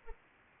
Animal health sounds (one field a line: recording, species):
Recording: mosquito wingbeat signal from an infrared sensor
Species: Anopheles arabiensis